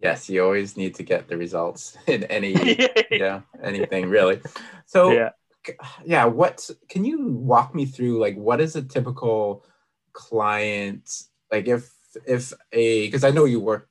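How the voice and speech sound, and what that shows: A man asks a conversational question in clear, fluent speech, with ordinary fillers and pauses.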